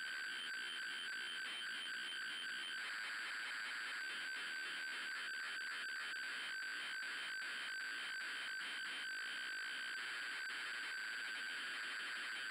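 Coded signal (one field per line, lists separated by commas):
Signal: ZX Spectrum tape loading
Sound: continuous harsh buzzing screech with a steady whine and rapid rhythmic clicks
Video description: The noise you hear is actually the cassette tape communicating its code into the Spectrum.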